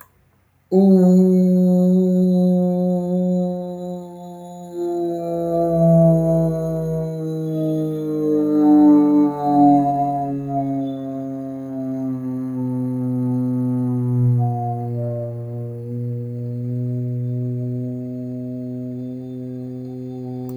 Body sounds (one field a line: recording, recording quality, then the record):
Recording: sustained vowel as in boot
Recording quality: excellent, no background noise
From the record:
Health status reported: healthy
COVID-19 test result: negative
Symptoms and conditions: none ticked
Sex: male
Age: 27 years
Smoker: not ticked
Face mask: not worn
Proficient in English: yes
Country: India